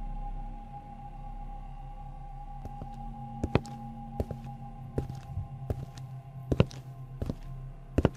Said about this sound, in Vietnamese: Bỗng nhiên, Minh nghe như có tiếng bước chân lộp cộp, tựa như là có người đang đi lại ở trên thuyền.